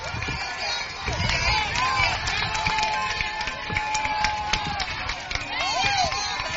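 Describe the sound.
Many people run at once, a dense patter of pounding footsteps mixed with crowd noise, scattered shouts and excited voices rising and falling throughout.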